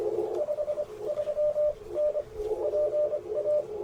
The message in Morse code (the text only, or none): 53N PA